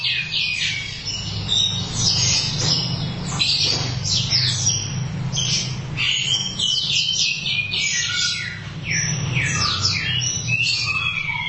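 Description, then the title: Thrush song, loud and fast, with varied whistled notes, slurs and chattering phrases pouring out without a break, over a low hum. "burung anis x"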